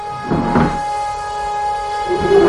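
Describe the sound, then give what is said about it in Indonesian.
Chairs and tables being dragged across a floor, echoing through the room: a rough grinding drag early on, then quieter shuffling and another scrape at the end, over a steady low hum with no voices. “Ada suara kursi dan meja sedang digeser-geser.”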